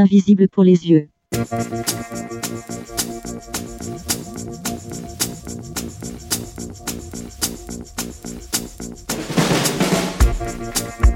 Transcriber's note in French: fin de lecture par une voix synthétique